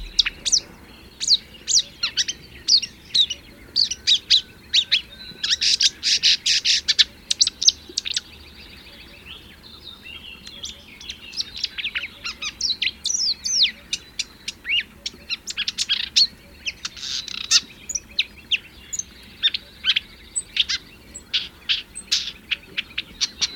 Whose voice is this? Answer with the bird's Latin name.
Acrocephalus palustris